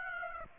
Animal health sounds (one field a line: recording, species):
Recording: mosquito wingbeat signal from an infrared sensor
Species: Aedes aegypti